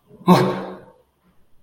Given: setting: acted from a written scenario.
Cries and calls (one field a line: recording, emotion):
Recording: vocal sound without words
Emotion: negative surprise